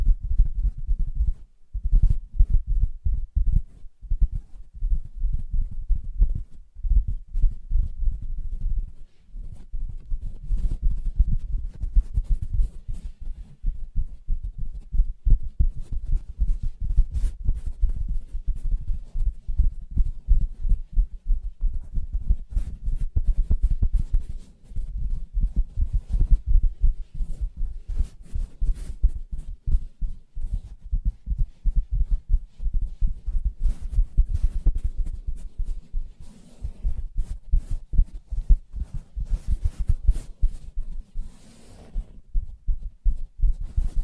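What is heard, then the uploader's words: Soft fingertip tapping and scratching on a fabric surface, heard as a dense run of muffled, low thuds with brief papery scratches. The taps come quickly and fairly evenly for the whole 44 seconds, with short pauses around 9 and 24 seconds. ASMR Soft Fabric Surface Tapping & Scratching (No Talking).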